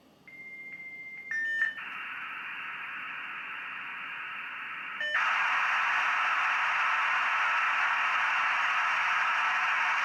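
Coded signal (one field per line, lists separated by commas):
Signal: dial-up modem handshake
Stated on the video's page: Dial-up 14.4 kbps modem connecting for web browsing.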